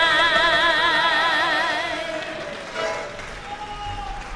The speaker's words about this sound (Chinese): 谢谢，感谢观众朋友们热情鼓励的掌声。